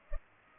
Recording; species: mosquito wingbeat signal from an infrared sensor; Culex pipiens